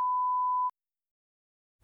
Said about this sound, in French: Comme le son d'un beeper, c'est un son entêtant.